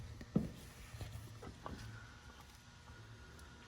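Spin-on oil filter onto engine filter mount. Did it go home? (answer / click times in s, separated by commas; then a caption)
no / none. A spin-on oil filter is raised to the engine filter mount of a 2001–2007 Duramax Silverado or Sierra (LB7, LLY, LBZ) and turned gently by hand so the threads catch without cross-threading. Quiet handling noise over a low hum is broken by soft taps at about 0.2, 0.4 and 1.7 seconds. The filter has started on the thread, and nothing has seated or clicked yet.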